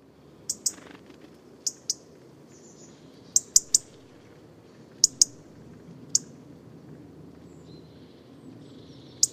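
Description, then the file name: European robin tick calls: sharp, very high clicks, often in pairs or triplets, repeated irregularly, with a faint thin whistle between them. "Erithacus rubecula"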